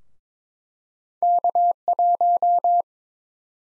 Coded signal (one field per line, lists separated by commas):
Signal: Morse code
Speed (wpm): 22 wpm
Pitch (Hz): 700 Hz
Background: none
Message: K1